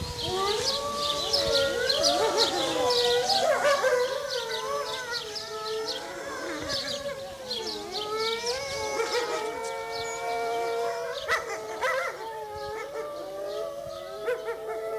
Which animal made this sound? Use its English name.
Gray Wolf